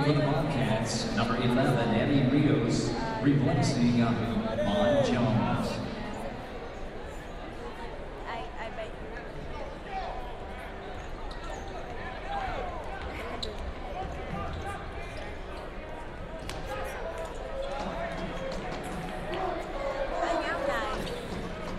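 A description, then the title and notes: A brass band plays at a basketball game in a stadium, loudest in the first five seconds with a dense low, warm tone. After that the music drops back beneath a constant murmur of crowd chatter, with sharp ball bounces and scattered calls throughout. Brass band during basketball game in stadium - Binaural field recording Austin, Texas. Game: Texas-Texas State. This is a binaural audio recording.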